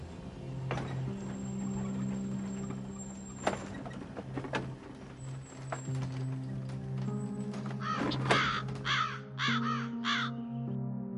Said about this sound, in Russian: Над головой каркнула ворона.